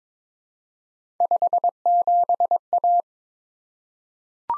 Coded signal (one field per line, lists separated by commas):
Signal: Morse code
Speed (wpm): 22 wpm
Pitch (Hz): 700 Hz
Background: none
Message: 57A